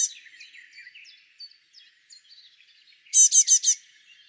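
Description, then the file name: Great tit calling: after quiet background twittering, four loud, sharp, evenly spaced notes ring out quickly in a row. "Parus major"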